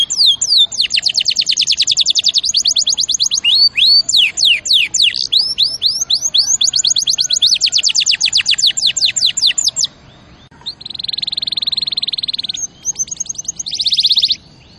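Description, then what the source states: Canary song of long rapid trills of sharp high notes, shifting speed, ending with dense buzzy rattles separated by brief pauses. Champion canary song used as master recording for training other birds.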